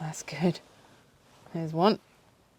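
Someone talks in two short bursts while handling a window shade retaining clip for a van's window trim. Between the bursts there is only a faint, low background. Nothing has seated or clicked yet.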